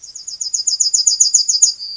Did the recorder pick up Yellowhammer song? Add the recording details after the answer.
yes. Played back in grassland. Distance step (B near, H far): B. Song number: 157